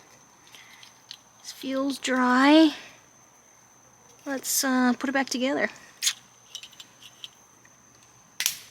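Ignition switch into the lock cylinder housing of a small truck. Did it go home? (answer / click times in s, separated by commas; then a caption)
yes / 8.4 s. An ignition switch is pushed back onto the rear of the lock cylinder housing in a kei truck while reassembling the ignition assembly. Someone talks, then small taps and handling noises follow. A sharp snap at about 8.4 s marks the switch seating in place.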